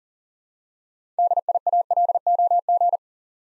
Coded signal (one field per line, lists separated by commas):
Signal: Morse code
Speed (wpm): 42 wpm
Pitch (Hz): 700 Hz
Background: none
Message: DIALOG